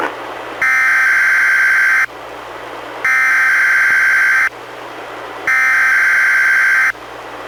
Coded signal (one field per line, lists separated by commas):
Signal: Emergency Alert System (SAME) tones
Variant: header bursts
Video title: EAS #97: NWR Required Weekly Test- Jan. 20, 2016- 11:00AM PST